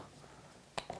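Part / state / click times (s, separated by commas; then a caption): clock insert into bored hole in wooden clock body / seated / 0.8 s. A small round clock face insert from a kit is pressed into a 1-3/8 inch bored hole in a bent-lamination wood clock body. A sharp snap is heard at 0.8 s, followed by a softer tick at 0.9 s. The insert seats with a snug fit.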